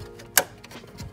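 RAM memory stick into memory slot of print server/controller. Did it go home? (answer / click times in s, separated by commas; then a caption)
yes / 0.4 s. A RAM memory stick is pushed into the memory slot of a printer controller (print server) until the retaining clips snap shut. A sharp, loud click is heard at 0.4 s, with fainter ticks around it, and the module is seated.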